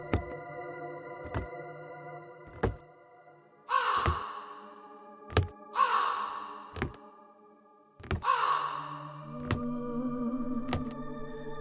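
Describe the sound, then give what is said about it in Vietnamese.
Three harsh, drawn-out caws from crows outside a house ring out over a steady low hum, separated by sharp regular ticking clicks and a faint murmuring tone near the end; no one speaks. “Có tiếng bước chân lạch cạch, tiếng khóc thút thít, tiếng mèo kêu xa xăm, quà chào bản quà ca của những con quạ bên ngoài.”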